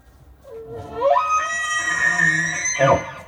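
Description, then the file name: Elk bugle: a low note climbs into a piercing, sustained whistle, held for more than a second before dropping off abruptly in a harsh roar. A bull elk with cows, recorded on 18 October 2015. "Elk Bulland Cows 20151018"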